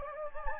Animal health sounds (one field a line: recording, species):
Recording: mosquito wingbeat signal from an infrared sensor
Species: Anopheles gambiae